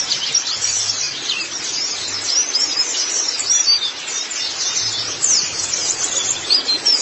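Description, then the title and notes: White-eye twittering song, a dense continuous chatter of very high thin notes, with a faint low hum beneath. Long-duration recording of the chirping song. "Kicauan Burung Pleci Durasi Panjang. Suara kicauan burung pleci"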